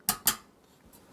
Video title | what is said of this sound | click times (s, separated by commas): be Quiet! Dark Rock Elite Unboxing & Review | hear that click that means it's clicking in place and it's good all right | 0.1 s, 0.3 s